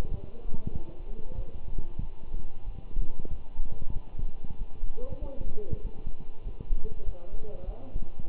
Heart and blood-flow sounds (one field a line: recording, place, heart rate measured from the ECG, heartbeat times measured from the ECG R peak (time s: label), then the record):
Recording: heart sounds by stethoscope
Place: between the tricuspid and mitral areas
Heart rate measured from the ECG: 95 bpm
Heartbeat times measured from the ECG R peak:
0.09 s: heartbeat
0.73 s: heartbeat
1.37 s: heartbeat
2.00 s: heartbeat
2.65 s: heartbeat
3.30 s: heartbeat
3.93 s: heartbeat
4.59 s: heartbeat
5.21 s: heartbeat
5.82 s: heartbeat
6.44 s: heartbeat
7.05 s: heartbeat
7.66 s: heartbeat
8.26 s: heartbeat
From the record:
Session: walking at 3.7 km/h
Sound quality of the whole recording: good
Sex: male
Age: 24 years